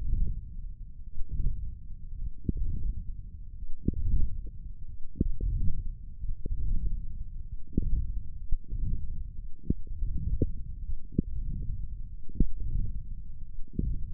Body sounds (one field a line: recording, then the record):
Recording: forearm muscle sounds (acoustic myography)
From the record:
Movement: wrist flexion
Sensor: system 1, eight BSWA MPA416 microphones around the upper forearm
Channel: 2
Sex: male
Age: 21 years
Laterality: right